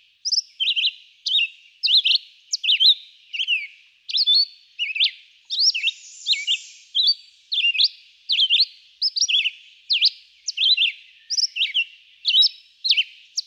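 Red-eyed vireo: long run of short, slurred whistled phrases, some rising, some falling, repeated steadily with brief pauses, a faint high hiss around six seconds.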